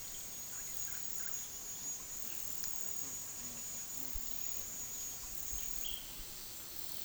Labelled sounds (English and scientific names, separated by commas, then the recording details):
Russet-backed Oropendola (Psarocolius angustifrons)
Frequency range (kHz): Russet-backed Oropendola (Psarocolius angustifrons) 0.5-2.6 kHz
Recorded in pastures near Puerto Asís, Putumayo, Colombia, on 20 February 2024 at 12:00
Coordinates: 0.468, -76.328
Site G6414